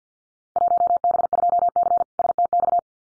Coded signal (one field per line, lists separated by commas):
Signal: Morse code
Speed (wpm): 48 wpm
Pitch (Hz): 700 Hz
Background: none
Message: 1B2C STX